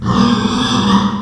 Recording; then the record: squeal of a Yucatan mini pig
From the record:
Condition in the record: after surgery on the right vocal fold (resection and tissue-engineered implant); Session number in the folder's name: 17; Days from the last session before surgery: 195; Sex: female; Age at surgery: 19 weeks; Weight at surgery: 25 kg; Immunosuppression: prednisolone